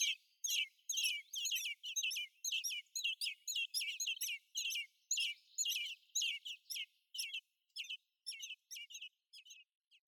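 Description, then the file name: Eurasian blackbird giving quick chattering calls, clear squeaky notes at a brisk pace that grow sparser and softer toward the close. "Turdus merula"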